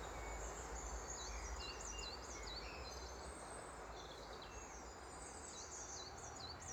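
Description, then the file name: Bird song, a series of short whistled notes repeated about twice a second high in pitch, over a steady low rumble of a passing train. Birdsong recorded while a train passes. "Train Passing with Birdsong"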